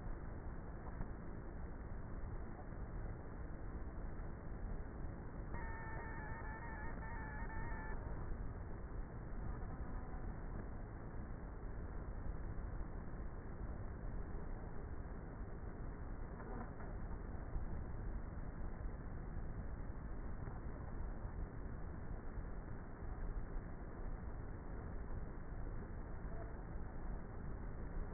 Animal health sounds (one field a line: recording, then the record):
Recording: honeybee colony, microphone inside the hive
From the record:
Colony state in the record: queenless with a low population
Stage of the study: before two queens were removed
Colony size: about 30,000 bees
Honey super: no